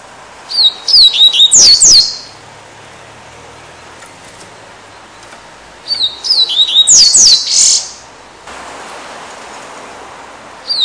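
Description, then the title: Double-collared Seedeater singing two similar phrases about five seconds apart, each a rapid series of high falling whistles ending in a buzz. "Canto Coleiro"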